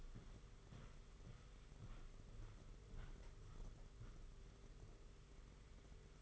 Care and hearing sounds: daily activity, microphone in the room; walk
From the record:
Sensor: 4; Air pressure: 991.5 hPa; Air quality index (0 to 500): 139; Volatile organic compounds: 58 ppm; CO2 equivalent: 3399 ppm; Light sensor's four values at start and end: 22/73/27/28 and 22/74/27/28

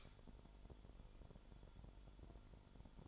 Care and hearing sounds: daily activity, microphone in the room; light on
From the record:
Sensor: 5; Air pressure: 1008.0 hPa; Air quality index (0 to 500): 107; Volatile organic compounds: 1 ppm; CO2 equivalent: 827 ppm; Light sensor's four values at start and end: 30/69/28/27 and 30/70/28/27

